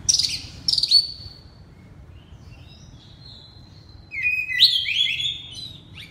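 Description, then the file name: Oriental magpie-robin giving two loud whistled bursts, a quiet thin phrase, then a rich rising run of clear whistles. Loud 'ngeplong keras' singing style of a magpie-robin known locally as kacer. "suara kacer ngeplong keras"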